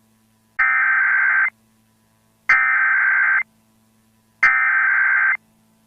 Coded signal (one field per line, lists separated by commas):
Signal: Emergency Alert System (SAME) tones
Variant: header bursts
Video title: 3/5/2018 EAS Required Monthly Test Orange,CA(EAS #4)